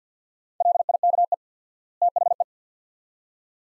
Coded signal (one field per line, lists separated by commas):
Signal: Morse code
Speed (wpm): 50 wpm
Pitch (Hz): 700 Hz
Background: none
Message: LIKE THE